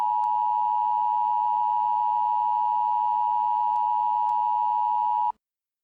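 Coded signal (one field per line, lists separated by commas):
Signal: Emergency Alert System (SAME) tones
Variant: 853 and 960 Hz attention tone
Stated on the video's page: Fictional EAS scenario: simulated evacuation immediate for a chemical gas leak.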